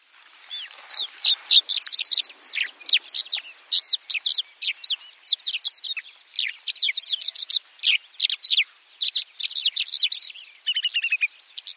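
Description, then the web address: White-winged lark, continuous high-pitched chattering song of quick chirps and trills, with a short rattled phrase near the end. "white winged lark bird call"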